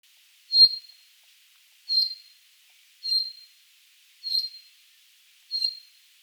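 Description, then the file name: Common chaffinch calls: five short, sharp high notes repeated at fairly even intervals. "Fringilla coelebs"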